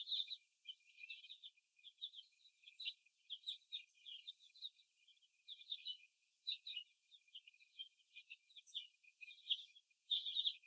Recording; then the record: young laying hens in a cage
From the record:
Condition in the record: before the stressor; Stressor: simulated dog barking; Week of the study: 1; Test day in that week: 2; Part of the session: 2